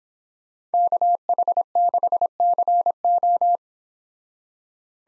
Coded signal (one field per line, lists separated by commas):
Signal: Morse code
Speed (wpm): 30 wpm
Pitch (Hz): 700 Hz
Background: none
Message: KH6CO